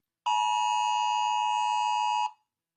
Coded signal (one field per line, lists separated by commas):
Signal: Emergency Alert System (SAME) tones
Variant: 853 and 960 Hz attention tone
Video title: Rating EAS Alarms w/ Nobita (Pt.1)